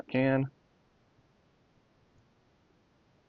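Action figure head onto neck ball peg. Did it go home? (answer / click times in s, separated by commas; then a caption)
no / none. Someone briefly talks while pushing a plastic action figure's head back onto its neck ball peg, followed by about three seconds of near-silence. No pop is heard, and the head has not clicked or seated onto the peg.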